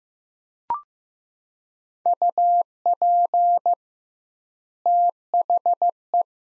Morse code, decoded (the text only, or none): UP THE